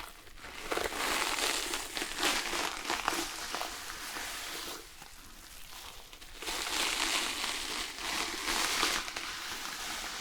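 Shampoo is worked through hair with dense, crackling squishes and rubs that stay busy for most of the stretch. The sound is bright and hissy, easing to a quieter, softer patch around five to six seconds before the lathering picks up again.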